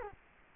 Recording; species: mosquito wingbeat signal from an infrared sensor; Culex quinquefasciatus